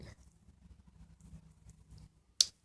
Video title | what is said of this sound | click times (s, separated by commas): Heritage arms rough rider 22lr | and the fourth click which you just heard that | 2.4 s